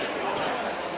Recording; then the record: coughing mixed with background sound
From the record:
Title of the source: 34 coughing up crap again